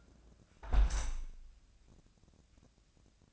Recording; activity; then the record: daily activity, microphone in the room; close window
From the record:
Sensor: 2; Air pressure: 1012.1 hPa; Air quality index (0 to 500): 114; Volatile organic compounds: 1 ppm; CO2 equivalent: 856 ppm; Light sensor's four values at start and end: 113/270/112/111 and 114/271/112/111